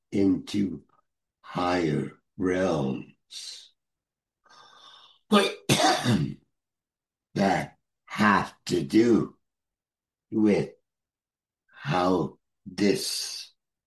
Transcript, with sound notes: into higher realms, but (coughs) that have to do with how this